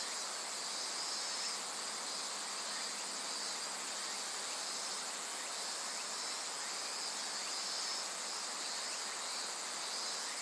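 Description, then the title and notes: Insects in a steady, dense high-pitched chorus, a continuous shimmering trill with several overlapping bands and no breaks. Various insects in a forest thick with trees beside the Azusa River, Shinano River system, Shinshu, Japan. "信州、川の森の音. 信濃川水系、梓川へやってきました。 川のそばには木々が生い茂る森があり、いろんな虫たちの声を聴くことができました。"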